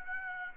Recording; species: mosquito wingbeat signal from an infrared sensor; Aedes aegypti